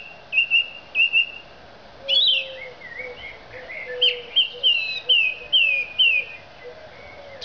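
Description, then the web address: Thrush song: sharp whistled notes, often doubled, then a run of repeated slurred phrases, with soft lower notes behind. "Zingende lijster"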